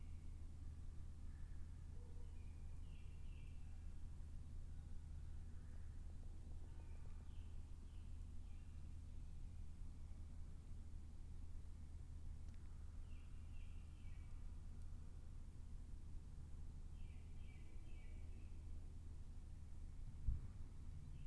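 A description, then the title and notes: Oak-hickory forest ambience with a steady low rumble running underneath throughout. Short bursts of bird chirps recur every few seconds, fairly bright and sparse. A single sharp knock stands out near the end. Spring Lake Woods & Bog.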